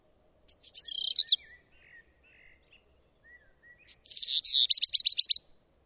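Bird song: a thin buzzy trill, a pause, then a buzz ending in six crisp repeated notes.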